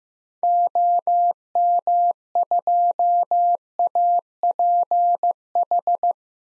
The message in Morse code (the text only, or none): OM2APH